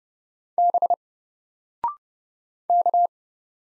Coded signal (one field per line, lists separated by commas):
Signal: Morse code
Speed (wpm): 30 wpm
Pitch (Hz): 700 Hz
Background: none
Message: B K